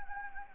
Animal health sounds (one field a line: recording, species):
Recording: mosquito wingbeat signal from an infrared sensor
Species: Anopheles gambiae